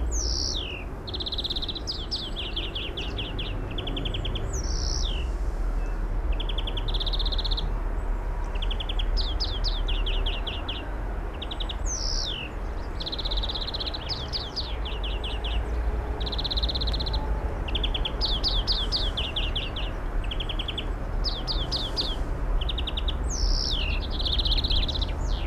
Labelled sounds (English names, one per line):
European Greenfinch song